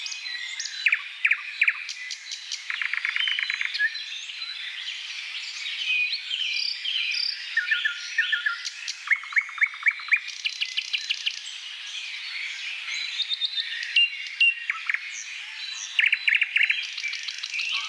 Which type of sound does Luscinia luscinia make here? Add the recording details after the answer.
song. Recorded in the wild. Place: Selenter See, Schleswig-Holstein, DE. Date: 1982-06-02. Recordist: Schwarz, Dieter